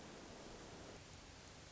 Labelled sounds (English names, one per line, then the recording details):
Hermit Thrush
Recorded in Sonoma County, California